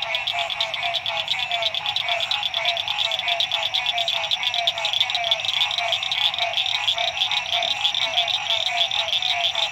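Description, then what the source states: Frogs in full chorus, countless quick clicking pulses layered into a constant high buzz throughout. Frogs at dusk at La Rue PH, Illinois.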